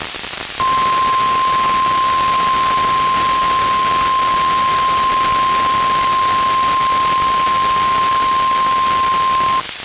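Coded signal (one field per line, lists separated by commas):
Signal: Emergency Alert System (SAME) tones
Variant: 1050 Hz attention tone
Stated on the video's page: NOAA Weather Radio weekly tests.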